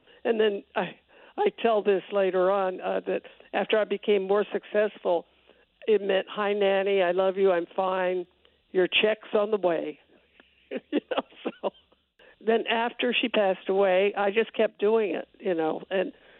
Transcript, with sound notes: And then - I tell this later on - that after I became more successful, it meant, hi, Nanny, I love you, I'm fine, your check's on the way (laughter). You know, so then after she passed away, I just kept doing it, you know.